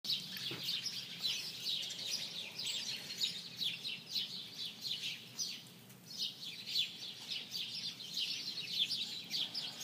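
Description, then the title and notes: Birds chirping in a busy chorus, many overlapping high, short tweets and trills repeated rapidly throughout, with a soft low rumble beneath. "Birds by Liraz Axelrad"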